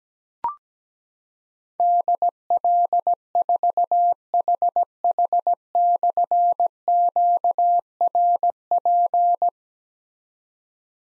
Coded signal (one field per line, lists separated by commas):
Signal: Morse code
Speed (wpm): 17 wpm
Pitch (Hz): 700 Hz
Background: none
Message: DL4HH/QRP